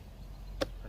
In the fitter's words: make sure you hear that satisfying click and